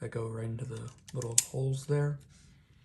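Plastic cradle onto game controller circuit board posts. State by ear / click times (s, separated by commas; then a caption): not seated / none. A plastic battery cradle is being handled and lined up to press back onto a game controller's circuit board, so its small posts go into the little holes. Someone talks throughout, with a faint short sound right at the end. Nothing has seated or clicked yet.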